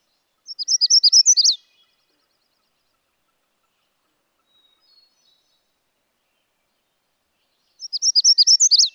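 Magnolia warbler song, a brief high warbled phrase of rapid sweet notes, given twice about seven seconds apart with near silence between.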